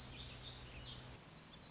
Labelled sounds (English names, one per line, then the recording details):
Black-throated Gray Warbler
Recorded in Sonoma County, California